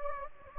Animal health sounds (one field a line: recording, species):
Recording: mosquito wingbeat signal from an infrared sensor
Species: Anopheles gambiae